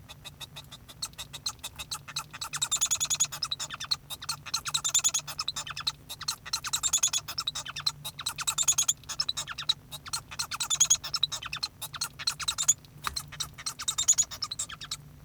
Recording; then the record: song of a male Bengalese finch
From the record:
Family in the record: son of father 1